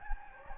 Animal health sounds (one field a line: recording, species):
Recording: mosquito wingbeat signal from an infrared sensor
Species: Anopheles gambiae